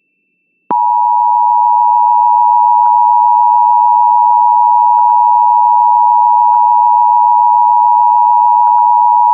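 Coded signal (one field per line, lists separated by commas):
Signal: Emergency Alert System (SAME) tones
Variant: 853 and 960 Hz attention tone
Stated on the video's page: Kansas statewide Required Monthly Test relayed by stations in Topeka and Great Bend, with WeatherSTAR 4000.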